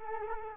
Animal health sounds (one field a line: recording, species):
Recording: mosquito wingbeat signal from an infrared sensor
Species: Culex quinquefasciatus